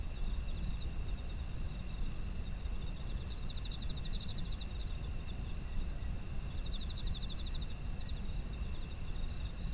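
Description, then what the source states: Insect calls: two fast pulsed trills, steady high-pitched ringing behind, and a persistent low rumble. Autumn insect ambient sound.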